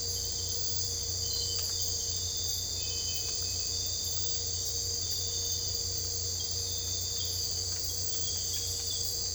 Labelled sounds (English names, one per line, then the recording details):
none
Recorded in dense forest near Puerto Asís, Putumayo, Colombia, on 22 December 2024 at 02:00
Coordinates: 0.485, -76.318
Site GP03